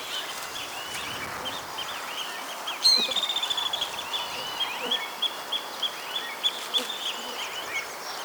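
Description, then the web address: Pearl kite giving a sharp high note, then a long run of thin, evenly spaced chips that slow slightly, over a hissing background of other faint birds. "Pearl kite. صدای-پرنده-کورکور-مرواریدی"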